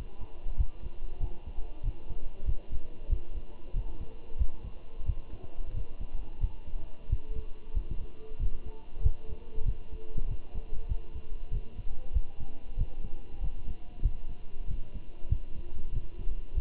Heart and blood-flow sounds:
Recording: heart sounds by stethoscope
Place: between the tricuspid and mitral areas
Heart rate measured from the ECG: 94 bpm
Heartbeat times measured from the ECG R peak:
0.58 s: heartbeat
1.21 s: heartbeat
1.84 s: heartbeat
2.46 s: heartbeat
3.10 s: heartbeat
3.74 s: heartbeat
4.39 s: heartbeat
5.07 s: heartbeat
5.75 s: heartbeat
6.41 s: heartbeat
7.10 s: heartbeat
7.75 s: heartbeat
8.40 s: heartbeat
9.03 s: heartbeat
9.66 s: heartbeat
10.29 s: heartbeat
10.89 s: heartbeat
11.52 s: heartbeat
12.14 s: heartbeat
12.78 s: heartbeat
13.42 s: heartbeat
14.03 s: heartbeat
14.68 s: heartbeat
15.30 s: heartbeat
15.93 s: heartbeat
16.55 s: heartbeat
From the record:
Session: walking at 3.7 km/h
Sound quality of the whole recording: good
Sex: male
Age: 23 years

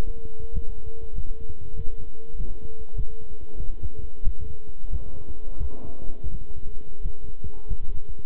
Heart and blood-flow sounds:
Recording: heart sounds by stethoscope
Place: between the tricuspid and mitral areas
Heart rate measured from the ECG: 92 bpm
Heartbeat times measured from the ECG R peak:
0.51 s: heartbeat
1.13 s: heartbeat
1.74 s: heartbeat
2.35 s: heartbeat
2.94 s: heartbeat
3.55 s: heartbeat
4.22 s: heartbeat
4.88 s: heartbeat
5.56 s: heartbeat
6.29 s: heartbeat
7.00 s: heartbeat
7.67 s: heartbeat
From the record:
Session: walking at 3.7 km/h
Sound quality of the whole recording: good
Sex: male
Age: 26 years

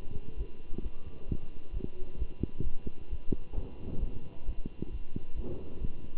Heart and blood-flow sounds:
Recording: heart sounds by stethoscope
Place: between the tricuspid and mitral areas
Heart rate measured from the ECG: 132 bpm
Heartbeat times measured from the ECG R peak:
0.37 s: heartbeat
0.82 s: heartbeat
1.28 s: heartbeat
1.72 s: heartbeat
2.18 s: heartbeat
2.63 s: heartbeat
3.09 s: heartbeat
3.54 s: heartbeat
3.99 s: heartbeat
4.45 s: heartbeat
4.91 s: heartbeat
5.35 s: heartbeat
5.81 s: heartbeat
From the record:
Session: Bruce protocol treadmill stress test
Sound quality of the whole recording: good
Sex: male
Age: 23 years

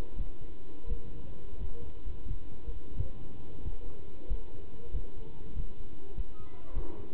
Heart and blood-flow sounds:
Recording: heart sounds by stethoscope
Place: between the tricuspid and mitral areas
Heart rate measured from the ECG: 91 bpm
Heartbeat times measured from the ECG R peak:
0.17 s: heartbeat
0.88 s: heartbeat
1.57 s: heartbeat
2.26 s: heartbeat
2.96 s: heartbeat
3.63 s: heartbeat
4.29 s: heartbeat
4.92 s: heartbeat
5.55 s: heartbeat
6.16 s: heartbeat
6.74 s: heartbeat
From the record:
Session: pedaling a stationary bicycle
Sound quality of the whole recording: good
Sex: male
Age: 27 years

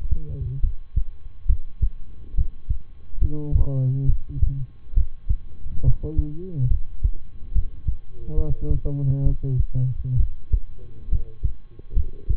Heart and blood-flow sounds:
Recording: heart sounds by stethoscope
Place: between the tricuspid and mitral areas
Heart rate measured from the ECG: 69 bpm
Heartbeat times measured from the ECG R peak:
0.60 s: heartbeat
1.46 s: heartbeat
2.34 s: heartbeat
3.18 s: heartbeat
4.05 s: heartbeat
4.93 s: heartbeat
5.82 s: heartbeat
6.67 s: heartbeat
7.51 s: heartbeat
8.34 s: heartbeat
9.22 s: heartbeat
10.16 s: heartbeat
11.08 s: heartbeat
11.93 s: heartbeat
From the record:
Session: rest, lying down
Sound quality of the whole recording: good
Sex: male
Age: 23 years

